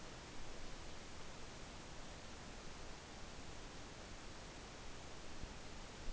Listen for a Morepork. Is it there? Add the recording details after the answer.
no. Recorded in New Zealand on 12 November 2013. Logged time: 02:19. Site Ponui